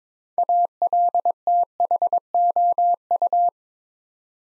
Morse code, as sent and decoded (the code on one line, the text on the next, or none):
.- .-.. - .... --- ..-
ALTHOU